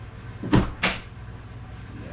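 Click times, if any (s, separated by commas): 0.5 s, 0.8 s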